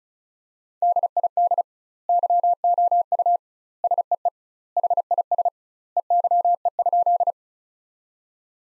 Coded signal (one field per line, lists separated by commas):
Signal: Morse code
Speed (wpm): 34 wpm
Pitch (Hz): 700 Hz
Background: none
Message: DID YOU SEE HIS EYE?